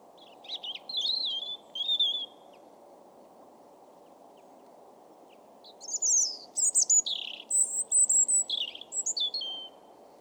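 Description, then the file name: European robin song: a high, warbling phrase, a pause of several seconds, then a longer tumbling run of thin, sweet notes rising and falling, over a low steady hum. "Erithacus rubecula"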